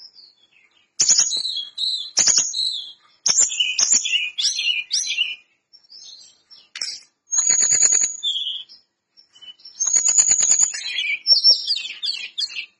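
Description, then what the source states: Lesser Shortwing song of energetic high twittering phrases, thin sustained whistles and tumbling runs in repeated bursts, with clicky noises. Singing actively (gacor).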